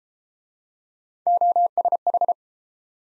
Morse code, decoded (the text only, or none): OSH